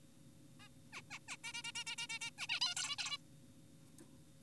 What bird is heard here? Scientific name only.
Taeniopygia guttata